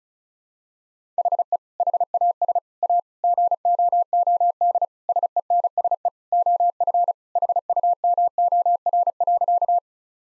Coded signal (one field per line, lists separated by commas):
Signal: Morse code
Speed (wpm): 36 wpm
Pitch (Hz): 700 Hz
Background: none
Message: HE HAS A GOOD SENSE OF HUMOR.